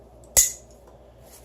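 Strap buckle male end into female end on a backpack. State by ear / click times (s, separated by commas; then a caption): seated / 0.2 s. The male end of a fiberglass-reinforced polymer side-release strap buckle on a backpack is pushed into its female end and snaps shut at 0.2 s, a sharp bright click over quiet background. The buckle seats and holds tight.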